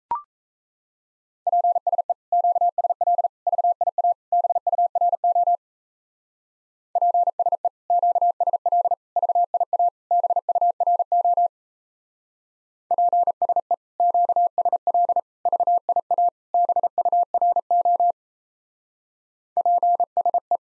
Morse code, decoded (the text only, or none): PSE QSL VIA BURO PSE QSL VIA BURO PSE QSL VIA BURO PSE